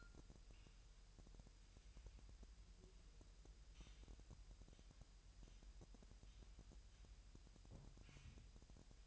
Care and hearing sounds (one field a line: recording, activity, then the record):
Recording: daily activity, microphone in the room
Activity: wipe stove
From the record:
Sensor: 2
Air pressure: 1001.0 hPa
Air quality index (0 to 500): 249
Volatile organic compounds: 99 ppm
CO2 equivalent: 3751 ppm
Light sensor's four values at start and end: 6/15/6/5 and 7/16/6/6